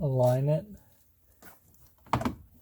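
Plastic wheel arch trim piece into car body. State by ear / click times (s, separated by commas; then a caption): seated / 2.1 s. Someone talks as the cleaned lower plastic trim piece behind the front wheel arch of a Mazda CX-5 is lined up and pressed back onto the car body. After a few faint knocks, one sharp, loud snap comes at 2.1 s as the wheel arch trim panel seats in place.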